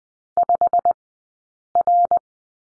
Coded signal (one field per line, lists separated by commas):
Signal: Morse code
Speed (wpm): 20 wpm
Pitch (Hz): 700 Hz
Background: none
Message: 5R